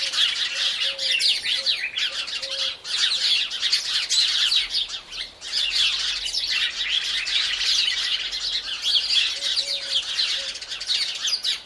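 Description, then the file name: House sparrows in a dense, continuous chorus of overlapping chirps and squawks from many birds. "Passer domesticus"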